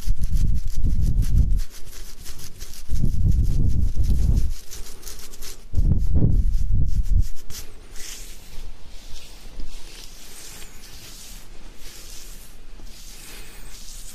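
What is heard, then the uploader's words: Beard scratching, coming in three strong bursts of dense, low rasping in the first seven seconds, each lasting one to two seconds. After that the scratching turns lighter and thinner, with brighter scraping flecks and brief gaps, and stays quieter until the end. ASMR INSANE BEARD SCRATCHING.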